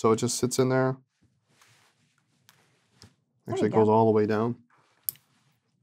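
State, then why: Seated. Someone talks while a ballpoint refill in a pen body mechanism is operated, with a few faint ticks in between. The refill tip comes out and locks into the extended position with a single sharp click at 5.1 s, and the refill is seated.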